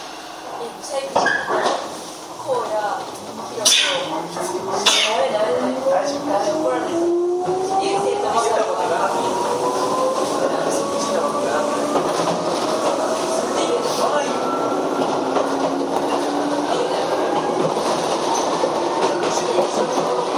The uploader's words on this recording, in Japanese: 秩父鉄道7500系 羽生ー熊谷。秩父鉄道本線 羽生→熊谷の区間で録音。